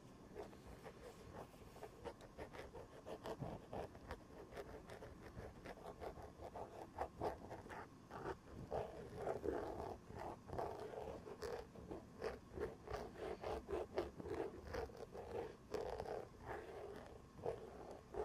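Fabric scratching on the elbow pad of an old sweater, a dense, busy rasp of short scrapes running without pause. Sharper strokes stand out every second or so, and the rubbing grows fuller and louder after the first seven seconds.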